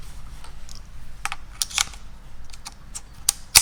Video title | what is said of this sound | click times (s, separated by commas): GUN TEST: JTS AIRGUNS/LEE ENFIELD, AIRACUDA MAX, MULTI-SHOT, PCP | But it snaps into place and all feels rather solid. | 3.3 s